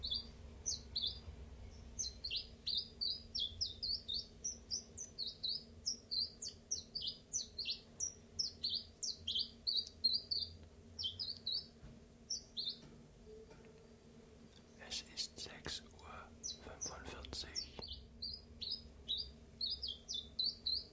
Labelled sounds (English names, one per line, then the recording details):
Common Chiffchaff
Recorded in captivity
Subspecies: collybita
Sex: male
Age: adult
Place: Zoologisches Institut Universität Tübingen, Baden-Württemberg, DE
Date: 1963-03-08 10:45
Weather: Zimmertemperatur 24°C
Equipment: LGS26
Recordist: Schneider, Hans-Joachim